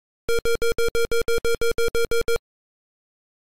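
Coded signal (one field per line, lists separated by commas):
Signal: none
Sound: retro game music beeps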